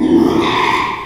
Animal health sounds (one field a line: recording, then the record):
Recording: squeal of a Yucatan mini pig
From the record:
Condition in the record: after surgery on the right vocal fold (resection and tissue-engineered implant)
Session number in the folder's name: 1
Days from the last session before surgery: 6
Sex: male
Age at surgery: 12 weeks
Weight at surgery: 13 kg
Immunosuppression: cyclosporine, prednisolone